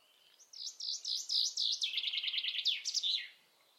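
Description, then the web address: Common chaffinch song: a fast rattling series of high notes that speeds up and drops in pitch, ending in a brief emphatic flourish, otherwise quiet. "Deverinetal"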